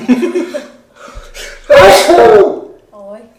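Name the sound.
sneeze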